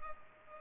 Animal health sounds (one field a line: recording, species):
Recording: mosquito wingbeat signal from an infrared sensor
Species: Culex pipiens